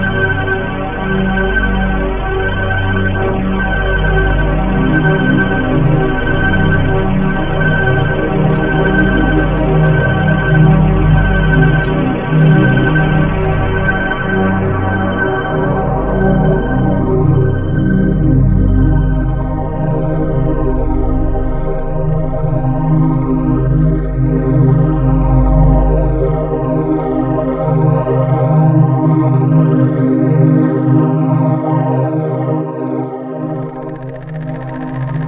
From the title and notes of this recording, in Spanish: Generador de Sonido basado en imágenes de Mapa de Bits “Beep Map”. Este generador escanea una imagen en línea vertical de izquierda a derecha y traduce los colores a una amplitud de onda sinusoidal determinada. La frecuencia de cada onda sinusoidal está determinada por su posición vertical en el mapa de bits.